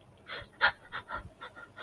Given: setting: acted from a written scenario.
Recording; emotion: vocal sound without words; sadness